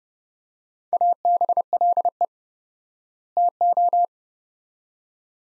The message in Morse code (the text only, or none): ABLE TO